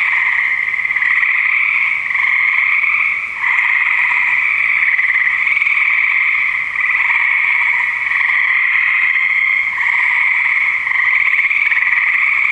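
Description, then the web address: Frogs in a dense, continuous chorus of croaking, a steady buzzy drone that swells and dips slightly over about twelve seconds. "nature Frogs"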